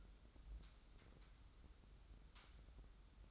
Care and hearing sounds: daily activity, microphone in the room; take from stove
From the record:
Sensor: 3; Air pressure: 994.4 hPa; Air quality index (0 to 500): 211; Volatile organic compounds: 1000 ppm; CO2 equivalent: 7065 ppm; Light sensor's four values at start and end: 199/479/201/200 and 199/478/201/200

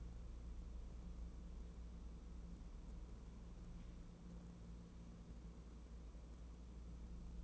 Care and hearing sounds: daily activity, microphone in the room; wipe stove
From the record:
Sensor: 1

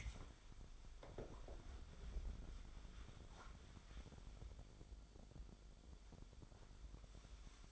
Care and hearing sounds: daily activity, microphone in the room; wipe stove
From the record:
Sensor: 5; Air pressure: 1007.2 hPa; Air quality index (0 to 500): 172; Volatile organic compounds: 4 ppm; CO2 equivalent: 1648 ppm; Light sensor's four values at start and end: 53/147/58/58 and 54/147/58/58

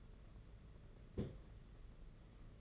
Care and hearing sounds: daily activity, microphone in the room; place on stove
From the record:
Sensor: 4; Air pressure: 992.9 hPa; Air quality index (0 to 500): 176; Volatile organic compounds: 345 ppm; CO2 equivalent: 4574 ppm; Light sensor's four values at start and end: 4/10/4/4 and 4/10/4/4

